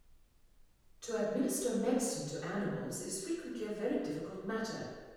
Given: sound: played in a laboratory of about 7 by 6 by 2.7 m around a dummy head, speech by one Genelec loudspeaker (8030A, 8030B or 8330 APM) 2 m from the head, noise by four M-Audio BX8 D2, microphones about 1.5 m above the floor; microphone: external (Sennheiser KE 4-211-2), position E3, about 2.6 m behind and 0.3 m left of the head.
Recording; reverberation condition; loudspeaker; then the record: female speech in English; high; 30 degrees to the right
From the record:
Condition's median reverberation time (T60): about 1300 ms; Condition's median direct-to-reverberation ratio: about -4.0 dB